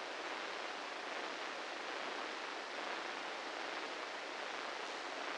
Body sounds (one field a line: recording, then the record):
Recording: brain microelectrode recording played as sound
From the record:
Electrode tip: inside the subthalamic nucleus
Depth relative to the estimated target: -5 mm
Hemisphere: left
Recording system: NeuroSet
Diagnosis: Parkinson's disease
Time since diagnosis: 8 years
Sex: male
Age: 58 years